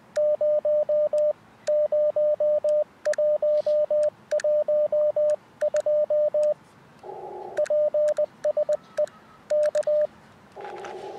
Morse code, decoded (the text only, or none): 0 0112 PSE K